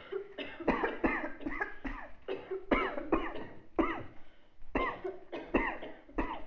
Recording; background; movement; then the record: voluntary coughing; a bystander coughing; sitting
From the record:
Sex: female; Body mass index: 36.4 kg/m2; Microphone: on the chest, facing outward